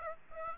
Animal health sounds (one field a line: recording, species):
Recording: mosquito wingbeat signal from an infrared sensor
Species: Aedes aegypti